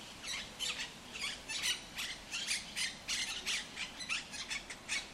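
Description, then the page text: Monk parakeets giving harsh rasping squawks in a dense, uneven string, several calls running close together throughout. El Retiro park, Madrid; Madrid has Europe's largest monk parakeet population. "Cities and Memory - remixing the world. Monk parakeets in Madrid. Madrid has the greatest population of Monk Parakeets in Europe, many of whom can be seen and heard in the El Retiro park"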